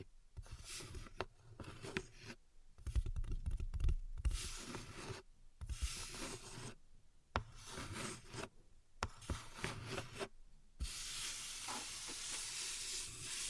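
Invisible tapping and scratching come in irregular bursts, with sharp taps and low thumps packed tightly between about 3 and 4 seconds. Scratchy, hissing strokes alternate with short silences, and from about 11 seconds a steady, bright, sizzling scrape runs to the end.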